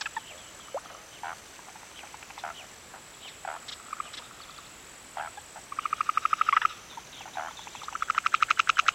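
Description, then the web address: Frog calls as fast pulsed rattles, a burst near six seconds and another at the end, over scattered bird chirps and a constant high insect drone. Afternoon in a national park in Pakistan; many frogs, some close, with birds and insects. "BBC. pakistan many frogs some close up also birds insects and wind in trees"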